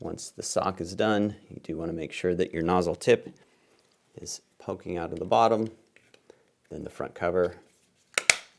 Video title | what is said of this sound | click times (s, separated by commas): Bambu A1 Review - An Honest Review of this $399 3D Printer | snaps back in | 8.2 s, 8.3 s